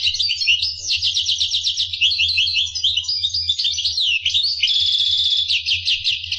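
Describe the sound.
Finch song: a continuous loud, rapid trilling and twittering stream of high notes throughout, including a buzzy rattled stretch, over a low hum.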